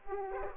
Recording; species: mosquito wingbeat signal from an infrared sensor; Aedes aegypti